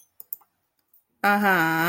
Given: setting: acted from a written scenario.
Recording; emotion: vocal sound without words; interest